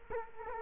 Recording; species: mosquito wingbeat signal from an infrared sensor; Culex quinquefasciatus